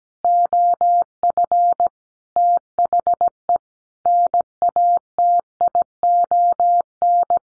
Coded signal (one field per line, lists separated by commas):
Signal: Morse code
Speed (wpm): 17 wpm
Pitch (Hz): 700 Hz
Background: none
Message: OF THE NATION